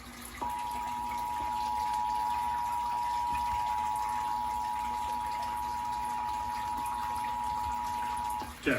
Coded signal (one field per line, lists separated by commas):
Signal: Emergency Alert System (SAME) tones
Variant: 853 and 960 Hz attention tone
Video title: Pennsylvania Required Monthly Test on WDPN-TV (June 16, 2022) (EAS #538)